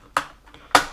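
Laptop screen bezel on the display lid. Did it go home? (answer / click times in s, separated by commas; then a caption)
released / 0.2 s, 0.8 s. The plastic screen bezel on an HP Pavilion laptop display lid is pulled forward by hand, and its clips click off the glass display assembly. Two sharp clicks are heard at 0.2 s and 0.8 s, with a faint tick between them. The bezel clips are released.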